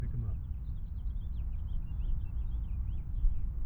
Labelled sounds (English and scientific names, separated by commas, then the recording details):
House Finch (Haemorhous mexicanus) song
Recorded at Wantagh on Long Island, New York, on 21 May 1975
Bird G